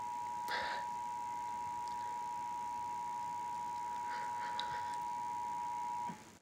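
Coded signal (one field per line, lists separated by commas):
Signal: Emergency Alert System (SAME) tones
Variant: 853 and 960 Hz attention tone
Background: music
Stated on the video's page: Required Monthly Test received from three TV stations; one station's EAS failed.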